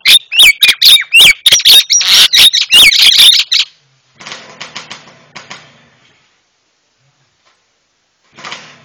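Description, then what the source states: Javan myna song, a dense burst of rapid sharp chirps and whistles for a few seconds, then fainter scratchy notes and quiet gaps. Used to train cage birds; myna described as white-eyed (mata putih).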